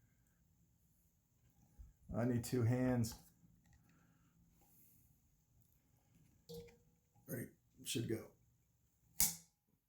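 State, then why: Seated. A blade for a Hampton Bay Rothley II 52 in. bronze LED ceiling fan with light kit is set over the pegs of its quick-install blade arm and pulled back into place. Someone talks, followed by a few short handling sounds. One sharp, loud snap at 9.2 s marks the blade seating on the arm.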